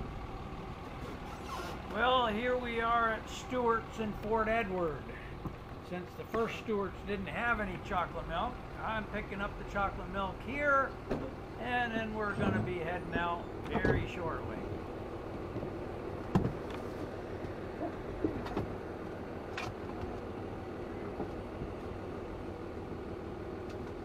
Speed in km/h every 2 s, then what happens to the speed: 0, 0, 0, 0, 0, 0, 0, 0, 0, 0, 0, 0.
0-24 standing.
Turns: none.